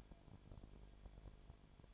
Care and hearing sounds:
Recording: daily activity, microphone in the room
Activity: no activity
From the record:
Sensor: 5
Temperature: 19.9 degrees Celsius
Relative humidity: 35.5%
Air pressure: 1003.4 hPa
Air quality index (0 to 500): 58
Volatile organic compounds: 1 ppm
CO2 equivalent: 639 ppm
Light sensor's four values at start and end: 2/3/1/1 and 2/3/1/1

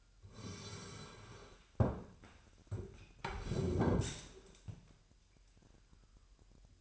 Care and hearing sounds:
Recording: daily activity, microphone in the room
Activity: sit down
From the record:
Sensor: 2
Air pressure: 998.4 hPa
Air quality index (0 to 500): 130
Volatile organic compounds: 3 ppm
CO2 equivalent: 1470 ppm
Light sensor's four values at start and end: 6/15/6/7 and 7/18/7/8

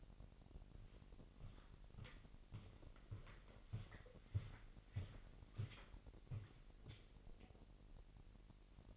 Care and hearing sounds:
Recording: daily activity, microphone in the room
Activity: walk to room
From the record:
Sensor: 4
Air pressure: 1002.8 hPa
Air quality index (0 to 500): 249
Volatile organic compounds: 11 ppm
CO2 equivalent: 2278 ppm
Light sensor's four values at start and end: 11/24/10/10 and 9/21/8/8

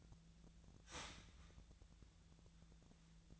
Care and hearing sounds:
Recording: daily activity, microphone in the room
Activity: start toaster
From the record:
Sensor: 3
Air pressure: 1009.4 hPa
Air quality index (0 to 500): 197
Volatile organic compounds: 16 ppm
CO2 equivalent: 2558 ppm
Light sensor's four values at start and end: 32/81/34/37 and 31/78/33/35

